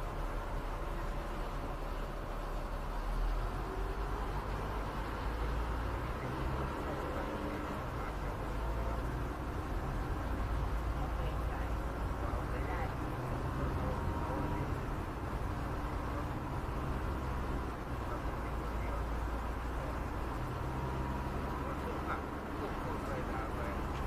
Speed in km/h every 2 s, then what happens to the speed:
66, 69, 69, 69, 70, 70, 69, 70, 71, 71, 73, 73.
0-24 steady at about 70.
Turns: none.